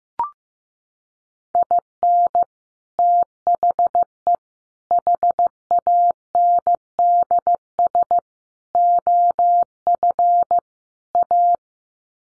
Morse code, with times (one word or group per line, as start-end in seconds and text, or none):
1.6-2.4 IN
3.0-4.3 THE
4.9-8.2 HANDS
8.8-10.6 OF
11.2-11.6 A